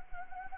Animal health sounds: mosquito wingbeat signal from an infrared sensor; Anopheles arabiensis

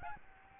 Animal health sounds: mosquito wingbeat signal from an infrared sensor; Aedes albopictus

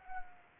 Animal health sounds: mosquito wingbeat signal from an infrared sensor; Anopheles arabiensis

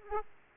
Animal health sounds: mosquito wingbeat signal from an infrared sensor; Aedes aegypti

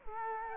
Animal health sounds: mosquito wingbeat signal from an infrared sensor; Culex quinquefasciatus

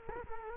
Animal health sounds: mosquito wingbeat signal from an infrared sensor; Culex quinquefasciatus

